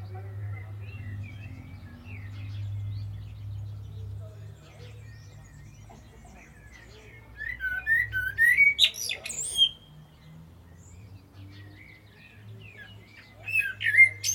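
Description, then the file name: Common blackbird song: after several seconds of low steady hum, scratchy warbled notes and thin high twitters, returning briefly at the end. "Turdus merula"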